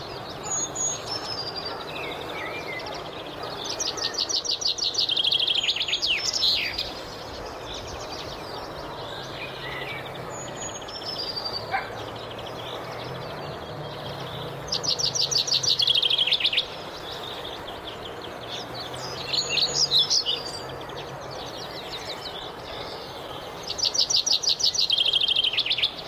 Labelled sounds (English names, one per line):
Common Chaffinch song